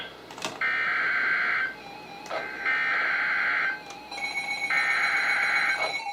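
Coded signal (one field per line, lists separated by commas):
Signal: Emergency Alert System (SAME) tones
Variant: header bursts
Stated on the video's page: NOAA Weather Radio flood warnings from the Sterling, VA office on 162.550, 162.475 and 162.450 MHz, received on RadioShack, Sangean, Midland, Maxon and Reecom weather radios.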